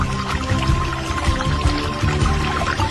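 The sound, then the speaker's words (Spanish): Clear fresh water pours in a steady, continuous rush of splashing hiss, fairly loud and unbroken for the whole stretch, with a low, faint hum running underneath. “Agua cristalina. Agua que se desperdicia todos los días en miles de metros cúbicos.”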